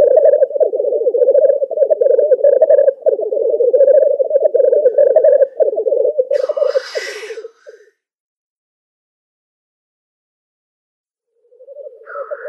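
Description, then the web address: Black grouse display: a continuous pulsing, dove-like bubbling with brief pauses, one sharp hissing burst near seven seconds, a few seconds of silence, then the bubbling resumes. Male displaying. "Schulze Peter Black Grouse male display"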